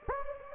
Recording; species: mosquito wingbeat signal from an infrared sensor; Anopheles gambiae